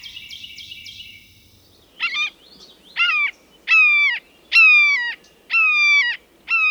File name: red shouldered hawk